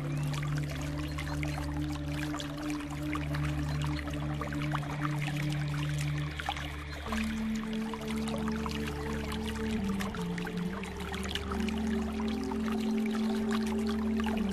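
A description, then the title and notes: Water flows in a steady, dense rush, with constant crackle and splash that never lets up. Beneath it, deep music holds long low notes over a humming drone, shifting to a higher sustained note just past the middle and changing slowly after that. Relaxing Water flow sound with deep Relaxing Music.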